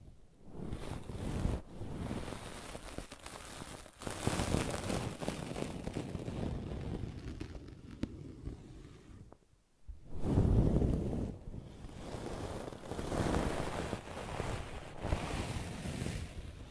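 Brushing and scratching sounds run in uneven bursts of soft, hissing friction, mostly in the low and middle range with some brighter rasps. Strokes swell and fade irregularly, with a brief near-silence around nine to ten seconds before a louder stretch resumes.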